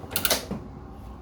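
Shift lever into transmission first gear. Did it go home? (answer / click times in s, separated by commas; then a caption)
yes / 0.2 s. The metal shift lever on a 1931 Harley-Davidson VL transmission is popped all the way into first gear with the clutch pushed down. Two quick, sharp mechanical clicks land at about 0.2 s and 0.3 s, followed by a softer knock and a low, quiet rumble. The lever seats firmly in first gear.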